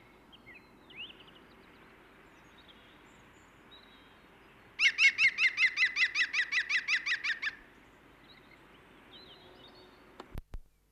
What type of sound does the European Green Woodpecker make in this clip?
call